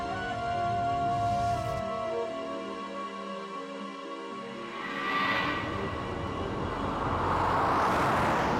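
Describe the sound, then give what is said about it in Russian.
A steady rumble of a car driving through city traffic, with a low engine drone and a hissing wash of road noise that swells louder toward the end. No one speaks. “Машина едет по городу.”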